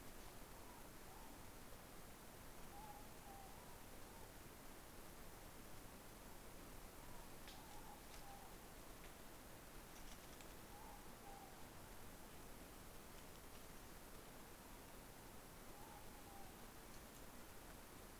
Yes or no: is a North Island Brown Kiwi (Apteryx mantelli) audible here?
no